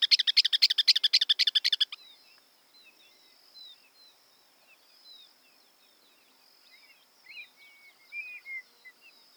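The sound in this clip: Campo miner call: a loud, rapid burst of harsh, evenly spaced notes for about two seconds, then faint chirps over a steady high hum.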